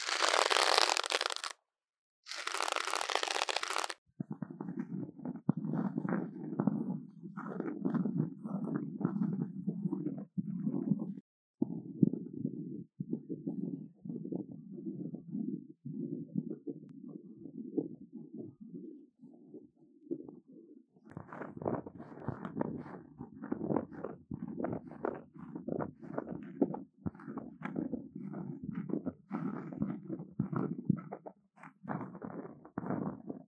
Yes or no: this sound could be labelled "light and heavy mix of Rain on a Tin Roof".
no